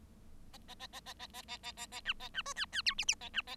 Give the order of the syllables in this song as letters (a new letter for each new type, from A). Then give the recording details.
A A A A A A A A A A A B A B C D D E F F A B A. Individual Bird7